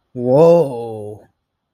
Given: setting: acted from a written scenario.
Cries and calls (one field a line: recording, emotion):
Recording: vocal sound without words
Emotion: awe